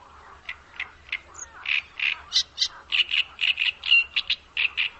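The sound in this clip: Bird calls: a steady series of short, harsh, squawking notes, speeding up into a rapid chatter, with a faint low hum underneath.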